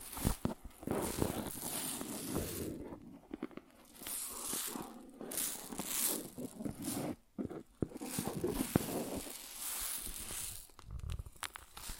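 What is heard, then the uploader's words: Grain rustles and pours in dense, gritty bursts, a steady hiss of tiny particles with scraping and crackling on top. The flow stops briefly around three, seven and eleven seconds before resuming, with a few sharper clicks scattered through. ASMR Grain Sounds (No Talking).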